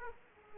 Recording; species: mosquito wingbeat signal from an infrared sensor; Aedes aegypti